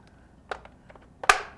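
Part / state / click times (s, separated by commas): plastic part into the toy jet body / seated / 1.2 s, 1.3 s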